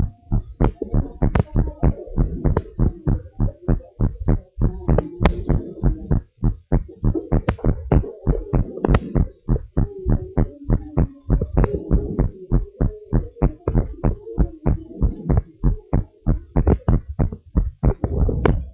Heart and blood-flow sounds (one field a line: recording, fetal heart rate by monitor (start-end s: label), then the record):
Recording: heart sounds of a pregnant woman by stethoscope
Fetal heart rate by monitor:
no fetal heartbeat
From the record:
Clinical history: premature rupture of membranes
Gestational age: 29 weeks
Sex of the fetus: boy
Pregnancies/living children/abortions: 1/0/0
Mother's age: 38 years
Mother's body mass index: 25.5